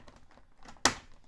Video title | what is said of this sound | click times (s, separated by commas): Motovlogging Helmet setup | then it pops right into place | 0.9 s